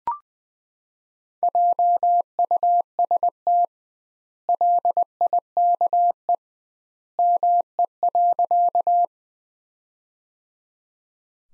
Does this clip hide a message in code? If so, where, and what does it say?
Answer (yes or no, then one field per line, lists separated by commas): yes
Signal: Morse code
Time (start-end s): 1.4-9.1 s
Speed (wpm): 19 wpm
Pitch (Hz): 700 Hz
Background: none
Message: JUST LIKE ME.